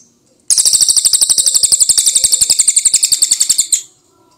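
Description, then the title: Cililin bird giving a quick, high, buzzy trill of closely spaced notes for about three seconds, ending with a sharp final note. "Suara Burung Cililin"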